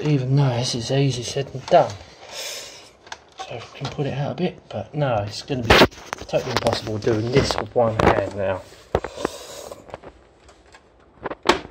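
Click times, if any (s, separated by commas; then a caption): 9.0 s, 11.5 s. A plastic front panel is pulled off a CIT Vanquish PC case chassis, trying to pop its retaining snap clips loose while someone talks. Sharp plastic cracks are heard at 9.0 s and 11.5 s. The panel comes almost out, but the top snaps still hold it, so the snaps only partly release.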